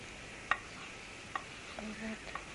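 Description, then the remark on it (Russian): A frying pan is picked up and set down while cooking, giving three short, sharp metallic clanks spaced apart over a steady background hiss, with a brief low hum near the end. “А в это время я возьму сковороду.”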